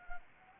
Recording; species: mosquito wingbeat signal from an infrared sensor; Anopheles arabiensis